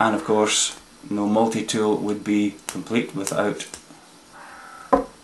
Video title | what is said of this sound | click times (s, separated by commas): Leatherman Charge TTi Review | bottle opener. Again, locks in place with a little satisfying clunk. | 4.9 s